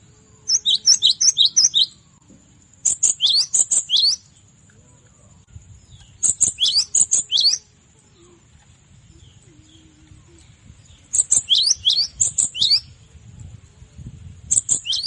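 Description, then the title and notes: Cinereous tit singing in bursts of rapid, high, paired notes with pauses between, over a faint steady high whine. Masteran training recording used to teach songbirds. "Masteran Gelatik Batu 1. burung gelatik"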